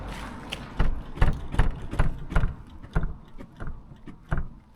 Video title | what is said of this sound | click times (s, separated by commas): Audi Q6 e-tron - Problemy z alarmem, klapą, oprogramowaniem | klapa się nie zamknęła, nie domknęła. Trzeba ją dopchać ręcznie. | none